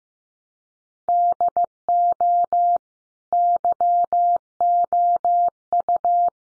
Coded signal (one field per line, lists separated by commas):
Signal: Morse code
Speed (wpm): 15 wpm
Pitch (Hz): 700 Hz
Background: none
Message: DO YOU